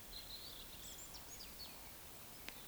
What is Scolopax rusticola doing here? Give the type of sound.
croak